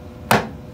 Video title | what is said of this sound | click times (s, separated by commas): Cleaning GE washing machine pump filter UltraFresh Vent clothes washer | it snaps into place okay once again to get it out | 0.3 s